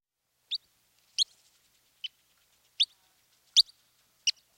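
Killdeer calls: short, sharp, high notes given singly about every 0.75 seconds, six in all, with quiet background.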